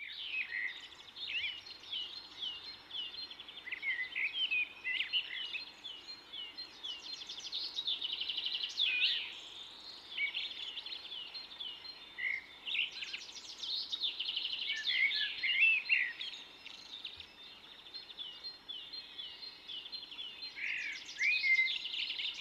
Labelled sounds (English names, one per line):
Common Blackbird song